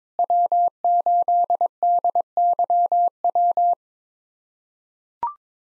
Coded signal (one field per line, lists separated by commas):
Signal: Morse code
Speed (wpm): 22 wpm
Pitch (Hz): 700 Hz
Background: none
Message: W8DYW